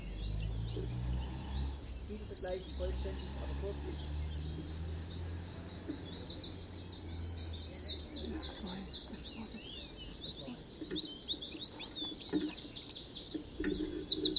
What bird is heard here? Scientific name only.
Phylloscopus canariensis